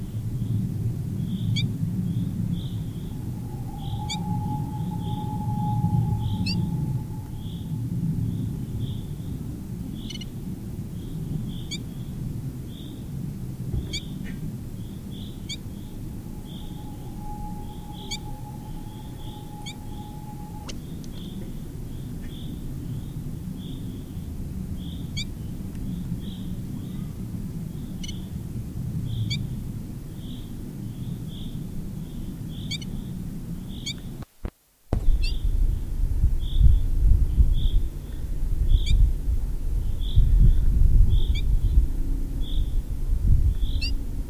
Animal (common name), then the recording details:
Citril Finch. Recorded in the wild. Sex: male. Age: adult. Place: Garmisch-Partenkirchen (Gschwandnerbauer), Bayern, DE. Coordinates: 47.4944, 11.1631. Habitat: farm. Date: 1965-04-19. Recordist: Tretzel, Erwin. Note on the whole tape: Garmisch-Partenkirchen, Gschwandnerbauer. Zitronenzeisig bzw. Zitronenfink oder Zitronengirlitz: Männchen: Gesang und Rufe